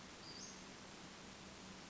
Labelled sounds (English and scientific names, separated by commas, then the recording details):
Western Flycatcher (Empidonax difficilis)
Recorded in Sonoma County, California